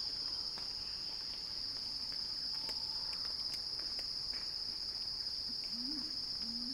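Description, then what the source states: Cicadas keep up a piercing continuous drone, with scattered clicks and a few short low warbling calls toward the end. Cicada song described as a crescendo.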